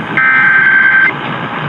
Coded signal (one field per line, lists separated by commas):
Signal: Emergency Alert System (SAME) tones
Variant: header bursts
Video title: North Carolina RMT on WBT and WTRU (2/12/22)(EAS 1090-1091)